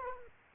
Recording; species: mosquito wingbeat signal from an infrared sensor; Culex quinquefasciatus